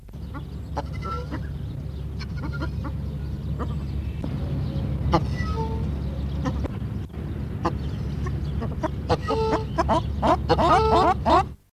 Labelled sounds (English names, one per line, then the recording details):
South African Shelduck call
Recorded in captivity
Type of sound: call
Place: Zoo Dresden, Sachsen, DE
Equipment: Halbspur, 9,5 cm/s
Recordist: Lütgens, Hans
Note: Nur die heiseren Laute sind Sporengänse